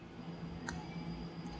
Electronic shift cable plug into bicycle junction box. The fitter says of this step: And you'll hear a firm snap when you have it in place.